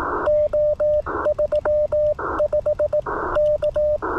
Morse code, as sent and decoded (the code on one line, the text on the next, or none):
--- ...-- ..... / -.-
O35 K